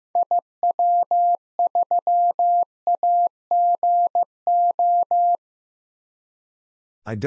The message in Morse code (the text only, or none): IW3AGO